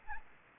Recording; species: mosquito wingbeat signal from an infrared sensor; Anopheles gambiae